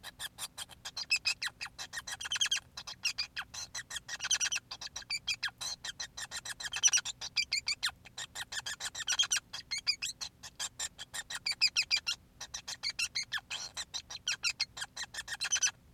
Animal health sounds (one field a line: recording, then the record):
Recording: song of a male Bengalese finch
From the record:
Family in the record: son of father 5